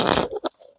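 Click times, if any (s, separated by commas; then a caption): none. A large plastic wiring harness connector is handled against the back of an aftermarket car stereo head unit during a radio swap in a 2004–2009 Kia Spectra EX. There is a dense crunching, scraping rustle for the first quarter second, then a short brighter burst around 0.45 s before it fades to near silence. Nothing has seated or clicked yet; the connector is not yet home.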